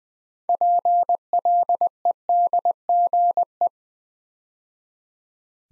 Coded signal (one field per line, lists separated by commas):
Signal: Morse code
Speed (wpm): 20 wpm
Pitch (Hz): 700 Hz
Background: none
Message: PLEDGE